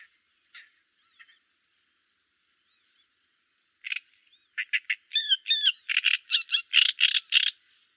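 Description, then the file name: Great reed warbler song: a few faint notes at first, then a loud run of harsh, croaky notes with a few squeaky whistled notes among them. "trzciniak peter boesman. grote karekiet zang"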